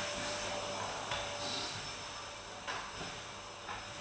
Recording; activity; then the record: daily activity, microphone in the room; vacuum cleaning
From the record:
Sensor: 2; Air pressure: 1011.7 hPa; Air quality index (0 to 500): 220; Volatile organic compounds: 4 ppm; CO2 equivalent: 1549 ppm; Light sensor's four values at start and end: 8/20/8/8 and 8/20/8/8